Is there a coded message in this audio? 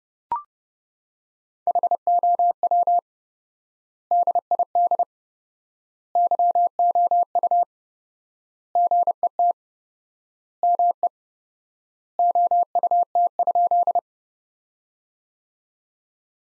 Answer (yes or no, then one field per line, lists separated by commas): yes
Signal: Morse code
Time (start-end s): 1.7-14.0 s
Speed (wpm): 31 wpm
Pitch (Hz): 700 Hz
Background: none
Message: HOW DID YOU GET ME OUT?